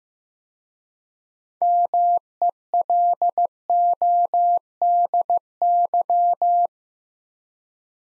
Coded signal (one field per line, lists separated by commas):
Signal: Morse code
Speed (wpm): 15 wpm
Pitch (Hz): 700 Hz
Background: none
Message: MELODY